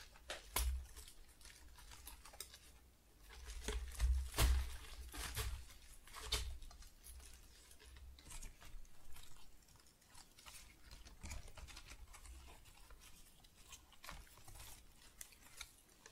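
Soft rustling and light tapping on flowers, with crisp crackly touches scattered irregularly through the clip. A louder cluster of handling sounds comes around four to five seconds, with single sharp taps near six and eleven seconds, then quieter brushing continues to the end.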